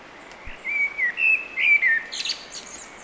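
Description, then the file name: Eurasian blackbird song: a run of low, mellow fluted warbles that ends in a brief high, squeaky twitter, over steady faint background hiss. "Turdus merula"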